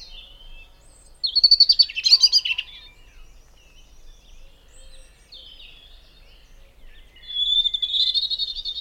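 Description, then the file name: European robin song: high thin warbled phrases with rapid trills near the top, a burst early on, a short phrase midway, then a longer sweet warble at the end. "Erithacus rubecula"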